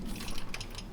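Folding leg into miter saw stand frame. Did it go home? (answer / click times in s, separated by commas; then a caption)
no / none. The folding metal leg of an Evolution Heavy-Duty Miter Saw Stand PLUS (XL) is released with its tabs and pushed up toward its stowed position in the stand frame. A few short, sharp, ratchet-like metallic clicks ring out over a low hum. The leg is still being handled, and nothing has seated or locked into place yet.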